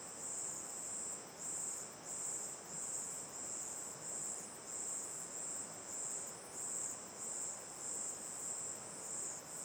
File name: Ambiencia olhando para boca da caverna terra ronca 1 a noite, coro de cigarras e grilos, rio a esquerda